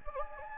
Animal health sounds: mosquito wingbeat signal from an infrared sensor; Anopheles gambiae

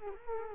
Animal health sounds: mosquito wingbeat signal from an infrared sensor; Culex quinquefasciatus

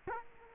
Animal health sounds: mosquito wingbeat signal from an infrared sensor; Culex quinquefasciatus

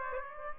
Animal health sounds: mosquito wingbeat signal from an infrared sensor; Aedes aegypti

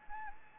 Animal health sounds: mosquito wingbeat signal from an infrared sensor; Anopheles gambiae

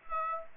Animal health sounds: mosquito wingbeat signal from an infrared sensor; Aedes aegypti

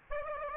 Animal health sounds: mosquito wingbeat signal from an infrared sensor; Aedes aegypti

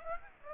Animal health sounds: mosquito wingbeat signal from an infrared sensor; Aedes aegypti

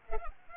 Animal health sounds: mosquito wingbeat signal from an infrared sensor; Culex pipiens

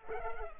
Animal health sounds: mosquito wingbeat signal from an infrared sensor; Culex pipiens

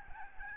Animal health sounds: mosquito wingbeat signal from an infrared sensor; Aedes albopictus

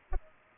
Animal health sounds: mosquito wingbeat signal from an infrared sensor; Culex pipiens

